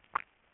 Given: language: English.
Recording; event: throat vibration sensor signal played as sound; swallow